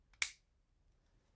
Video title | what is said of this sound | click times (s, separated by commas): Transformers Generation Selects WFC-GS21 Sandstorm Transformation Guide! | panels will actually click into place and you can you can hear it | 0.2 s